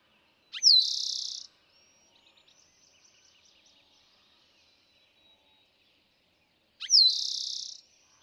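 Two Eastern towhee songs, sharp note then buzzing trill, with faint chirps in the gap between them.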